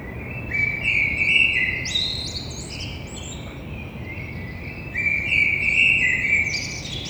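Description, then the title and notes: Common blackbird song: two rich, mellow warbling phrases finished with thin, high twittering notes, with a steady low urban rumble beneath. Toulouse, Grand Rond, France; street side, recorded between two windows; Thursday 9 April, 6:30 in the morning. "Un merle noir toulousain. Toulouse - Grand Rond Contributeur : Stéphane Marin"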